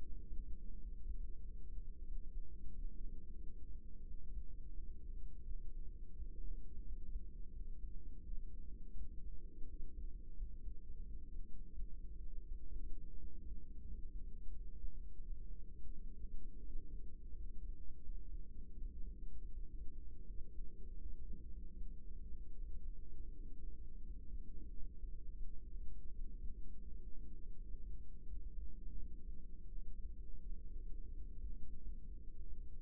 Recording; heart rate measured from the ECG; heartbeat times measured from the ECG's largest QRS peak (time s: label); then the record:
heart sounds by microphone in the right ear; 85 bpm
0.17 s: heartbeat
0.78 s: heartbeat
1.40 s: heartbeat
2.04 s: heartbeat
2.71 s: heartbeat
3.39 s: heartbeat
4.05 s: heartbeat
4.73 s: heartbeat
5.43 s: heartbeat
6.14 s: heartbeat
6.83 s: heartbeat
7.51 s: heartbeat
8.21 s: heartbeat
8.94 s: heartbeat
9.66 s: heartbeat
10.34 s: heartbeat
11.02 s: heartbeat
11.71 s: heartbeat
12.43 s: heartbeat
13.15 s: heartbeat
13.83 s: heartbeat
14.51 s: heartbeat
15.20 s: heartbeat
15.90 s: heartbeat
16.61 s: heartbeat
17.31 s: heartbeat
18.00 s: heartbeat
18.73 s: heartbeat
19.49 s: heartbeat
20.23 s: heartbeat
20.96 s: heartbeat
21.73 s: heartbeat
22.51 s: heartbeat
23.28 s: heartbeat
24.01 s: heartbeat
24.69 s: heartbeat
25.39 s: heartbeat
26.11 s: heartbeat
26.84 s: heartbeat
27.56 s: heartbeat
28.25 s: heartbeat
28.94 s: heartbeat
29.65 s: heartbeat
30.39 s: heartbeat
31.11 s: heartbeat
31.80 s: heartbeat
32.48 s: heartbeat
From the record:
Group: healthy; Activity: rest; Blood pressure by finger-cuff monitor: 130/78 mmHg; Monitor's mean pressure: 95 mmHg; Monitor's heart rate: 86 bpm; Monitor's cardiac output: 6.9 L/min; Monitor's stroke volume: 81 mL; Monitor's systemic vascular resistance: 1000 dyn s/cm5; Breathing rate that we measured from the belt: 18 breaths a minute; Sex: female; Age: 24 years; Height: 163 cm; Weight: 55.7 kg